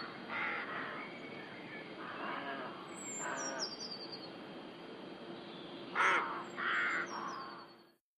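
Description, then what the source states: Rooks giving harsh, grating caws in short bursts, loudest near six and seven seconds, with thin high whistles from another bird drifting above. Rookery in the UK.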